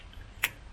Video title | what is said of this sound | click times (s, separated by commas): Range Rover Evoque Fuel Filter Replacement | That's that one clicked in. | 0.4 s